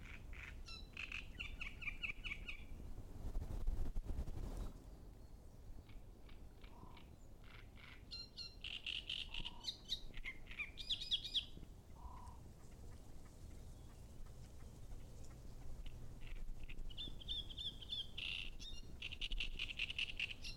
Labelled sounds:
Great Reed Warbler
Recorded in the wild
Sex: male
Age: adult
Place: Müggelsee, Berlin, DE
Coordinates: 52.44, 13.64
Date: 1991-05-12
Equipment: Uher 4400 Report Monitor, Sennheiser ME 80, K 30 AV
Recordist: Fischer, Stefan
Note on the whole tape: Bestand 12: unmarkiertes Männchen - Gesang - z.T. 2 Vögel - 35 Strophen

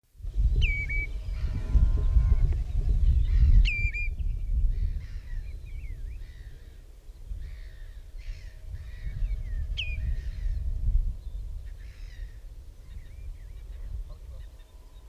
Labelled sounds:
Common Redshank
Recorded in the wild
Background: Larus ridibundus
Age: adult
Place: Damme, OT Dümmerlohausen, Niedersachsen, DE
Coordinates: 52.5333, 8.28333
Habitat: lake
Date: 1970-05-18
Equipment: Uher 4000 Report-S, Bändchenmikro Beyer M 260, Parabolspiegel Polyester (470 mm)
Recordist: Conrads, Klaus
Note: Am Dümmer See. Rufe

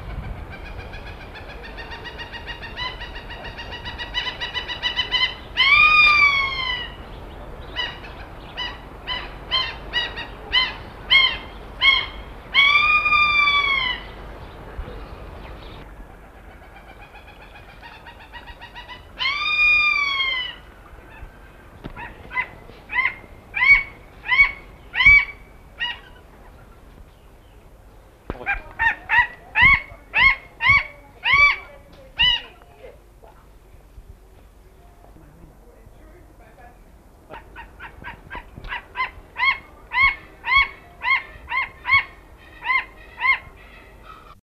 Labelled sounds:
Long-crested Eagle call
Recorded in captivity
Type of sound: call
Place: Zoo Berlin, Berlin, DE
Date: 1981-09-24
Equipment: Halbspur, 9,5 cm/s
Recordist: Lütgens, Hans
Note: Rufe

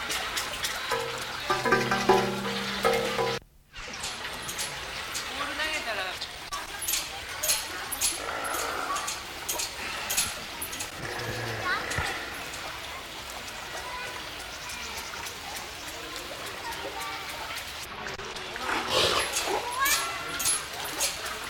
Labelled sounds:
South American Fur Seal
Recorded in captivity
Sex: male
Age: adult
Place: Münchner Tierpark Hellabrunn, Bayern, DE
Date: 1993-09-20 15:26
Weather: 19°C, heiter
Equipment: Marantz CP 430, Sennheiser MKH 416 T, Kopie Uher Variocord 263
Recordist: Tembrock, Günter

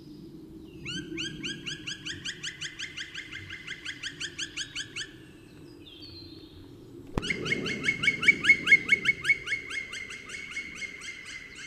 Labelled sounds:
Black Woodpecker call
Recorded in the wild
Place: Kaiserslautern, Rheinland-Pfalz, DE
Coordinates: 49.4153, 7.83444
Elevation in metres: 342
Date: 1974-04-04
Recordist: Tretzel, Erwin

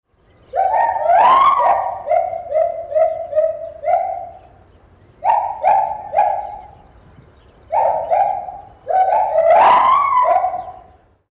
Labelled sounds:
Agile Gibbon
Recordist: Tembrock, Günter
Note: Duett eines Paares

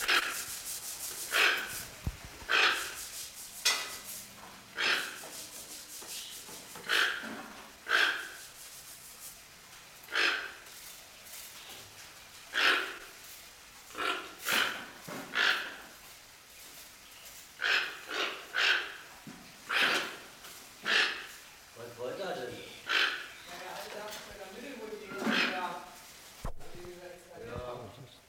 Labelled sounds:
Toco Toucan call
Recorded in captivity
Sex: pair
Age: adult
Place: Zoo Berlin, Berlin, DE
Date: 1992-05-09 10:40
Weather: wechselnd wolkig, böiger Wind, 10-12°C
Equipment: Nagra SN, Mikrofon AKG CK 8, Kopie Tesla B 116
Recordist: Tembrock, Günter

